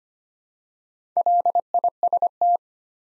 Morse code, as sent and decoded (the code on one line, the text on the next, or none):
.-.. .. ... -
LIST